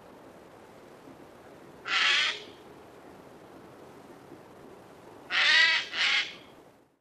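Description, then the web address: Eurasian jay giving harsh, hoarse screeches: one single rasping burst, then a few seconds later a quick pair of raspy shrieks, over faint background hiss. "Голоса птиц Сойка"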